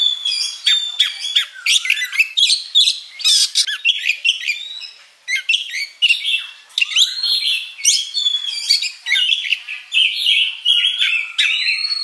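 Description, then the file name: Oriental magpie-robin singing a continuous medley of scratchy squawks, chirps and whistled slurs, with a brief lull around the middle before the varied notes continue. "Suara-Kacer-Versi-2"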